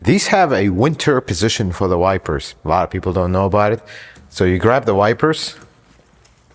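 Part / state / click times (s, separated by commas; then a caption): windshield wiper arm into its raised winter-position detent on the car / seated / 6.2 s. Someone talks while the windshield wiper arm of an older Toyota Avalon is lifted into its raised winter-position detent, where it stays up for snow. A single sharp click comes at 6.3 s as the arm seats into the detent and stays raised.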